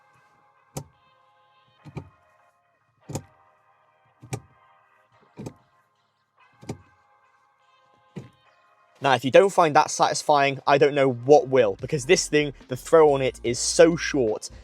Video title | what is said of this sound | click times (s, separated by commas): This Tiny Carbon Shifter Turned My B58 Into A Driver’s Car | and the click, when it clicks into place, is something that the manual shifter that this car came with | 0.8 s, 2.0 s, 3.2 s, 4.3 s, 5.5 s, 6.7 s